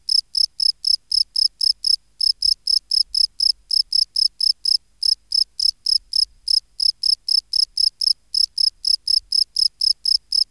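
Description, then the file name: Field cricket chirping in an even, rapid series of pulsed notes, roughly four each second, broken by a few short gaps; nothing else audible. "Bio Acoustica Gryllus campestris"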